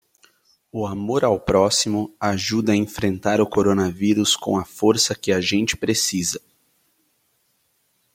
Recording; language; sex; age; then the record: spoken sentence; Brazilian Portuguese; male; 30 to 39 years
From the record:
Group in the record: control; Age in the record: 32 years